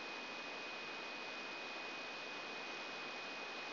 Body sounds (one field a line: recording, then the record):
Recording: brain microelectrode recording played as sound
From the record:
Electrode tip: inside the subthalamic nucleus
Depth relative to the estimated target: -2 mm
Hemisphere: right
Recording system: AlphaMap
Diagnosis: Parkinson's disease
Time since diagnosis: 7 years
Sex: female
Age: 56 years